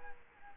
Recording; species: mosquito wingbeat signal from an infrared sensor; Culex quinquefasciatus